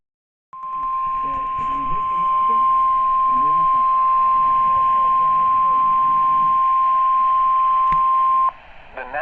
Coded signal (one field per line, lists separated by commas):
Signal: Emergency Alert System (SAME) tones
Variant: 1050 Hz attention tone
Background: speech